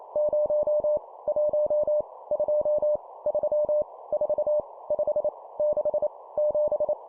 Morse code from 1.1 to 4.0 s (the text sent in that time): 1 2 3